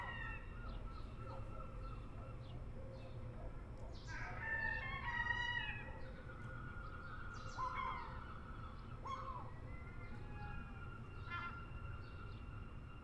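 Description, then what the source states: Herring gull calls, a few short yelping bursts and a longer laughing series, scattered and fairly faint against strong low rumbling noise. Adult herring gulls calling.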